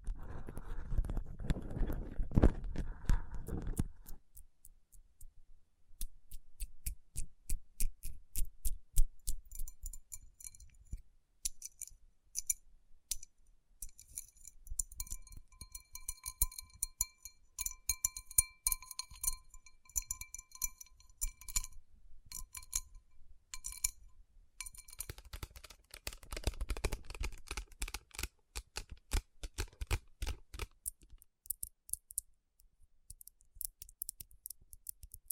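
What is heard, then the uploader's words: Fingers tap and rub across rhinestone-covered palms. A soft, low rubbing opens the first four seconds, then gives way to dense, rapid clicking and glassy clinks with bright ringing tones through the middle, and a second stretch of rubbing returns around 25–30 seconds. Tapping & Rubbing Rhinestone Covered Palms.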